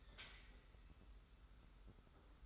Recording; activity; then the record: daily activity, microphone in the room; take from stove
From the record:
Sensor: 3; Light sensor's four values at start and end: 45/124/51/44 and 45/124/51/44